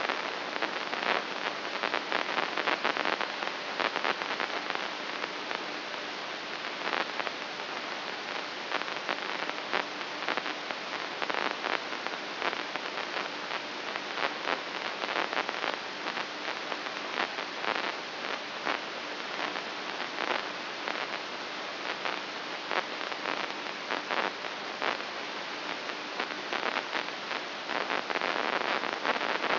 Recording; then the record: brain microelectrode recording played as sound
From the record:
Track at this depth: inside the subthalamic nucleus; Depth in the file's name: 4.585 mm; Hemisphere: left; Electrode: 3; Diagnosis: Parkinson's disease